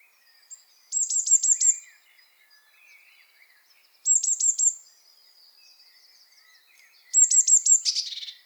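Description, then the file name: Eurasian blue tit giving three short bursts of fast, high, chattering trilled notes, spaced about three seconds apart, with faint quieter bird sounds between. "Cyanistes caeruleus"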